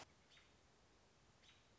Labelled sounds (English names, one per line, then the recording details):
American Robin
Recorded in Sonoma County, California